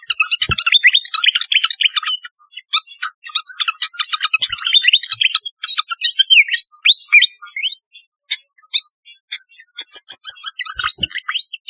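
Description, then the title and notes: Flycatcher singing a dense, fast chattering stream of high chirps and short rising and falling whistles, with brief pauses and a buzzy trill near the end. Song (kicau). "Kicau Burung Sikatan"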